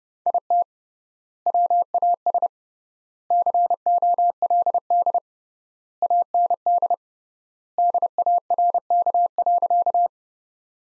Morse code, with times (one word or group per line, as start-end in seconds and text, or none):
0.3-0.6 IT
1.5-2.5 WAS
3.3-5.2 COLD
6.0-6.9 AND
7.8-10.1 DARK.